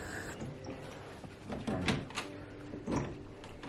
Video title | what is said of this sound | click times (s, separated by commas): VLOG: Chef Kwame Onwuachi presents the Family Reunion - Food & Wine - Salamander Resort | yeah, there's a little click. You just have to kind of lift it past. You'll feel it | 1.9 s